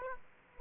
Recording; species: mosquito wingbeat signal from an infrared sensor; Aedes aegypti